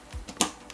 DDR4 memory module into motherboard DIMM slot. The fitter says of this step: make sure the RAM is lined up correctly, and push it in until you hear a click.